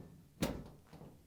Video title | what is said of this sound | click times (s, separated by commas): Maytag Dryer Drive Belt WPW10112954 Replacement — fits Whirlpool/KitchenAid | you want to make sure that that tab goes underneath and locks in place | 0.4 s